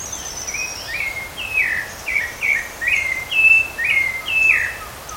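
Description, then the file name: Rufous-bellied thrush singing short slurred whistles, several phrases in quick succession after a faint high thin note at the start, with soft background hiss. Recorded in a park at Canela, Rio Grande do Sul, Brazil, on 30 October 2013. "Turdus-rufiventris-Pq Caracol Canela RS-30-10-13-ASilveira"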